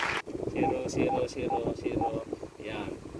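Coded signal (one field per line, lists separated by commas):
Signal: none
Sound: SWR meter button beeps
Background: speech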